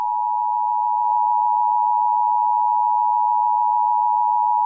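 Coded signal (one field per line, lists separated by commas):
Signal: Emergency Alert System (SAME) tones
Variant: 853 and 960 Hz attention tone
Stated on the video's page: Fictional EAS scenario.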